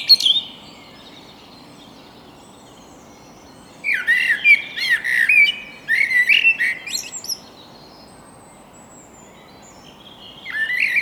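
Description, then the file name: Common blackbird song: the tail of one phrase, then a mellow, fluting warbled phrase ending in a high, squeaky twitter, followed by a long pause and the start of another low whistled phrase. "Turdus merula"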